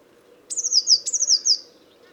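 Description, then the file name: Eurasian blue tit calling with two rapid strings of high, thin notes, each note falling in pitch, against a soft low background hum. "Cyanistes caeruleus"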